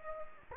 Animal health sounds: mosquito wingbeat signal from an infrared sensor; Anopheles gambiae

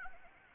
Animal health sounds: mosquito wingbeat signal from an infrared sensor; Anopheles arabiensis

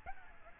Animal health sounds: mosquito wingbeat signal from an infrared sensor; Aedes albopictus

